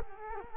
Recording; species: mosquito wingbeat signal from an infrared sensor; Culex quinquefasciatus